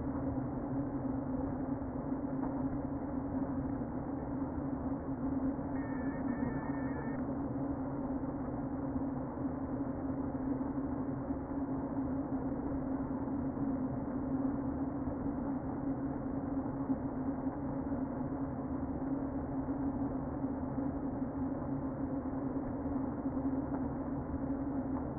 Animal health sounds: honeybee colony, microphone inside the hive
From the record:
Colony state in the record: queen present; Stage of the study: before two queens were removed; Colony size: about 60,000 bees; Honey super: yes

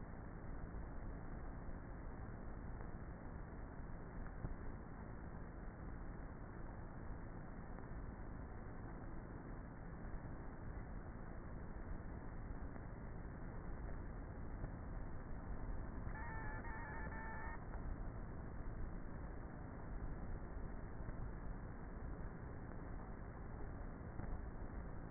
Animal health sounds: honeybee colony, microphone inside the hive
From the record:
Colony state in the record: queenless with a low population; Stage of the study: before two queens were removed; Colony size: about 30,000 bees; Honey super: no

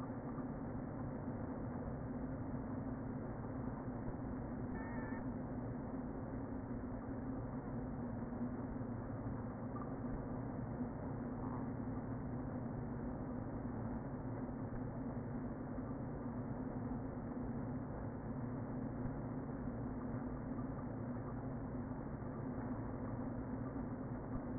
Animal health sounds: honeybee colony, microphone inside the hive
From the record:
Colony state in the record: queen present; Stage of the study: before two queens were removed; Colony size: about 60,000 bees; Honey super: yes

